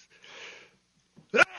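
A soft breathy lead-in, a pause, then one sharp, loud, explosive burst: a single sneeze from an adult man.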